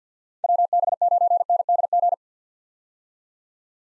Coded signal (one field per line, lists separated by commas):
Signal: Morse code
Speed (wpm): 48 wpm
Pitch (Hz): 700 Hz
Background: none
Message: WB9NDG